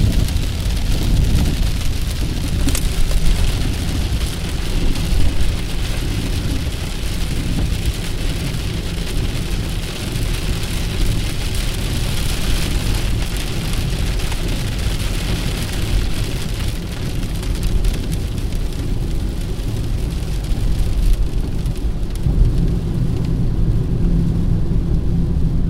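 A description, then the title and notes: Rain patters on a car window during a highway drive, a steady dense hiss over a heavy low road rumble that fills the whole clip. Faint clicks of drops tap through it now and then, and the level holds even throughout. Rain on a car window. Rain sounds from a long drive at the highway.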